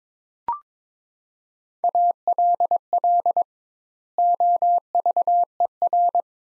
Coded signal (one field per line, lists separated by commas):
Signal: Morse code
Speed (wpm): 22 wpm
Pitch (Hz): 700 Hz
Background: none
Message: ALL OVER